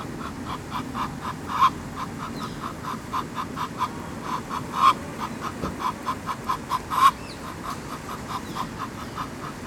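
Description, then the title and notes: Duck quacking in a long, rapid series of nasal quacks, several louder ones standing out, over a steady rush of falling water. Ducks at the Ixelles ponds (Les étangs d'Ixelles), Avenue du Général de Gaulle, Ixelles, Brussels, Belgium, beside a fountain. "Av. du Général de Gaulle 21, 1050 Ixelles, Belgique - Ducks and Fountain. Ducks speech and foutain at Les étangs d'Ixelles"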